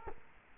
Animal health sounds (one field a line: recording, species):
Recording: mosquito wingbeat signal from an infrared sensor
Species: Culex quinquefasciatus